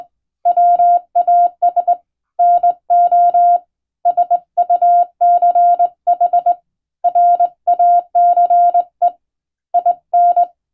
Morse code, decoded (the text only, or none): WAS NO SUCH RACE IN